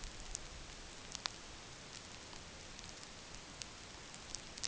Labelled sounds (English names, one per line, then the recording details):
none
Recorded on Arctic tundra, site NAIT-1, on 27 June 2019
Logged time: 20:00